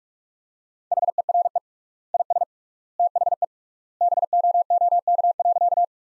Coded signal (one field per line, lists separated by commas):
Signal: Morse code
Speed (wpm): 44 wpm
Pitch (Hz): 700 Hz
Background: none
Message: HERE IS THE BOOK.